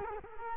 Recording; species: mosquito wingbeat signal from an infrared sensor; Culex quinquefasciatus